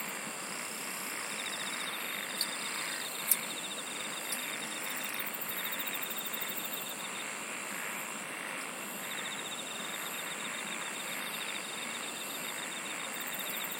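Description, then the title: Insects trilling together: rapid ticking trills start and stop in bouts above a steady shrill hum, with a couple of sharp clicks early on. "SINGING OF INSECTS"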